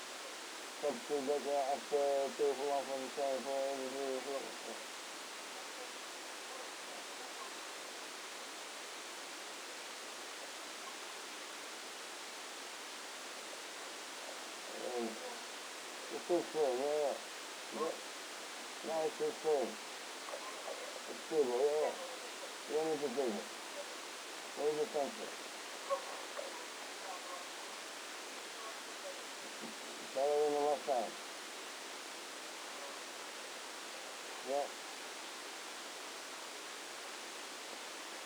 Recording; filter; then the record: brain microelectrode recording played as sound; spike band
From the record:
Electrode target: subthalamic nucleus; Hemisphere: left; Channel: 2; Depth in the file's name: 2.977 mm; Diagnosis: Parkinson's disease